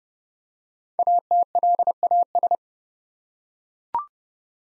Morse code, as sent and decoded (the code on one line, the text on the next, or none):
.- - .-.. .- ...
ATLAS